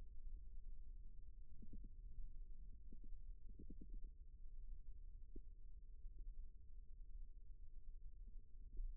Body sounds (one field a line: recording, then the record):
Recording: forearm muscle sounds (acoustic myography)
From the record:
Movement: rest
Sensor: system 1, eight BSWA MPA416 microphones around the upper forearm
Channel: 8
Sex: female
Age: 22 years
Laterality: right